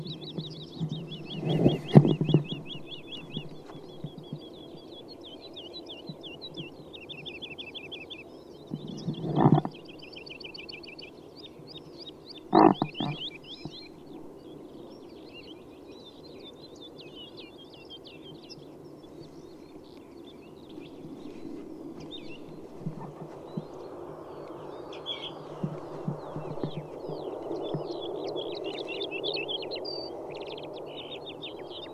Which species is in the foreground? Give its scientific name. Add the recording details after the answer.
Lullula arborea. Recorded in the wild. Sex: pair. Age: adult. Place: Schönow, Naturpark Barnim, Brandenburg, DE. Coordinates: 52.69, 13.5136. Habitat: heath. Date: 2005-03-31. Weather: clear, -2°C, weak wind. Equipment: Tascam DA-P1, Telinga Pro 5. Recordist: Frommolt, Karl-Heinz